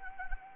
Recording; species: mosquito wingbeat signal from an infrared sensor; Anopheles arabiensis